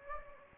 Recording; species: mosquito wingbeat signal from an infrared sensor; Anopheles gambiae